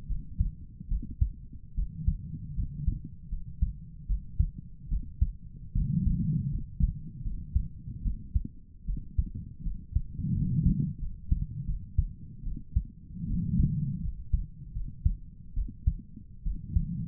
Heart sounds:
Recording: heart sounds by stethoscope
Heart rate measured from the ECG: 77 bpm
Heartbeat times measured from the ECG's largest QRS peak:
0.08 s: heartbeat
0.89 s: heartbeat
1.76 s: heartbeat
2.56 s: heartbeat
3.30 s: heartbeat
4.08 s: heartbeat
4.90 s: heartbeat
5.75 s: heartbeat
6.51 s: heartbeat
7.24 s: heartbeat
8.03 s: heartbeat
8.86 s: heartbeat
9.64 s: heartbeat
10.34 s: heartbeat
11.00 s: heartbeat
11.67 s: heartbeat
12.44 s: heartbeat
13.27 s: heartbeat
14.02 s: heartbeat
14.74 s: heartbeat
15.55 s: heartbeat
16.44 s: heartbeat
From the record:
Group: healthy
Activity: rest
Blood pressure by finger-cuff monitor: 116/60 mmHg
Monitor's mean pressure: 82 mmHg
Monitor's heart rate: 77 bpm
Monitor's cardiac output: 7.8 L/min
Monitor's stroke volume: 98 mL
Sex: female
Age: 22 years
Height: 160 cm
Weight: 63 kg

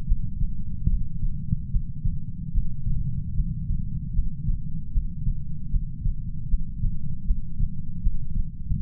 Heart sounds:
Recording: heart sounds by stethoscope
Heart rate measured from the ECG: 76 bpm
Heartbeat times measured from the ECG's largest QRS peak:
0.04 s: heartbeat
0.86 s: heartbeat
1.69 s: heartbeat
2.50 s: heartbeat
3.32 s: heartbeat
4.12 s: heartbeat
4.90 s: heartbeat
5.68 s: heartbeat
6.46 s: heartbeat
7.23 s: heartbeat
7.99 s: heartbeat
8.76 s: heartbeat
From the record:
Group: healthy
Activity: breath hold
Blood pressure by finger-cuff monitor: 102/67 mmHg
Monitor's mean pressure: 80 mmHg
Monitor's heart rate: 73 bpm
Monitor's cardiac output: 6 L/min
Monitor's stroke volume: 82 mL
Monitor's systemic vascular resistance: 960 dyn s/cm5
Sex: female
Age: 26 years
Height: 165 cm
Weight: 55 kg

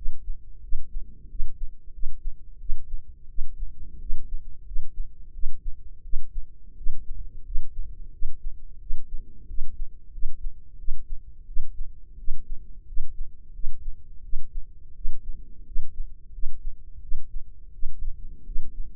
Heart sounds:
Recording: heart sounds by microphone in the left ear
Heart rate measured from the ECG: 87 bpm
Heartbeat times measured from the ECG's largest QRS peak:
0.61 s: heartbeat
1.28 s: heartbeat
1.92 s: heartbeat
2.58 s: heartbeat
3.27 s: heartbeat
3.99 s: heartbeat
4.64 s: heartbeat
5.32 s: heartbeat
6.02 s: heartbeat
6.75 s: heartbeat
7.43 s: heartbeat
8.11 s: heartbeat
8.79 s: heartbeat
9.47 s: heartbeat
10.11 s: heartbeat
10.77 s: heartbeat
11.46 s: heartbeat
12.17 s: heartbeat
12.85 s: heartbeat
13.52 s: heartbeat
14.22 s: heartbeat
14.94 s: heartbeat
15.64 s: heartbeat
16.31 s: heartbeat
17.00 s: heartbeat
17.72 s: heartbeat
18.44 s: heartbeat
From the record:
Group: healthy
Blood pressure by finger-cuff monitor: 101/58 mmHg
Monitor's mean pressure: 71 mmHg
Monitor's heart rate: 88 bpm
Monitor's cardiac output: 7.6 L/min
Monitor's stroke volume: 86 mL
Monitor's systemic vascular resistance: 660 dyn s/cm5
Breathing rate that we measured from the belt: 21 breaths a minute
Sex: female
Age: 22 years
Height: 157 cm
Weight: 47.6 kg

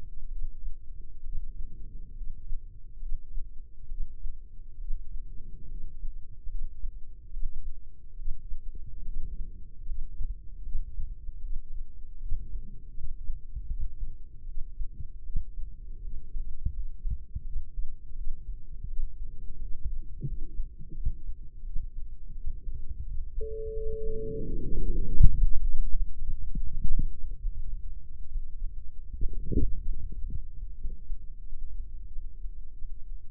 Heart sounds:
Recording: heart sounds by microphone in the left ear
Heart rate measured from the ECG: 78 bpm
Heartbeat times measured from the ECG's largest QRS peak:
0.28 s: heartbeat
1.21 s: heartbeat
2.13 s: heartbeat
2.98 s: heartbeat
3.86 s: heartbeat
4.77 s: heartbeat
5.66 s: heartbeat
6.46 s: heartbeat
7.29 s: heartbeat
8.14 s: heartbeat
9.03 s: heartbeat
9.83 s: heartbeat
10.61 s: heartbeat
11.39 s: heartbeat
12.18 s: heartbeat
12.93 s: heartbeat
13.66 s: heartbeat
14.44 s: heartbeat
15.22 s: heartbeat
16.00 s: heartbeat
16.71 s: heartbeat
17.42 s: heartbeat
18.13 s: heartbeat
18.85 s: heartbeat
19.57 s: heartbeat
20.24 s: heartbeat
20.93 s: heartbeat
21.62 s: heartbeat
22.33 s: heartbeat
23.03 s: heartbeat
23.72 s: heartbeat
24.41 s: heartbeat
25.06 s: heartbeat
25.68 s: heartbeat
26.51 s: heartbeat
27.40 s: heartbeat
28.29 s: heartbeat
29.17 s: heartbeat
30.00 s: heartbeat
30.75 s: heartbeat
31.43 s: heartbeat
32.09 s: heartbeat
32.75 s: heartbeat
From the record:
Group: healthy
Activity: rest 0-23 s, breath hold 23-33 s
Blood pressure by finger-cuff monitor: 116/64 mmHg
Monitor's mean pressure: 83 mmHg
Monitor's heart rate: 78 bpm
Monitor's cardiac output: 7.6 L/min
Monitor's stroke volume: 103 mL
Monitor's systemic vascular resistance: 740 dyn s/cm5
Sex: female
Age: 23 years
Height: 160 cm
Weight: 50.4 kg

